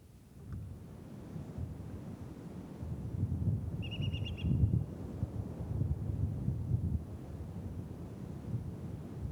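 Wind blows steadily through mangrove trees as a low, rushing rumble that swells slightly midway, with a brief high-pitched bird chirp cutting through for a moment.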